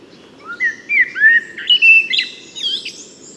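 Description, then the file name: Eurasian blackbird giving one mellow whistled warble rising into a thin, squeaky twittering finish over a constant low background hum. "Turdus merula"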